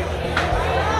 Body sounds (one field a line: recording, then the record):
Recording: background sound without coughing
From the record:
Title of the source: CITY SOUNDS Busy Bar in the Evening Night - 2 HOURS of Ambiance for Relaxation